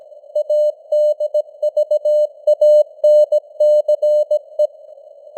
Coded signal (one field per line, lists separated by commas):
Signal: Morse code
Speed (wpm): 17 wpm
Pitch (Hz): 600 Hz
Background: none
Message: ADVANCE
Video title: Morse Code News | 2025-10-07 | 17wpm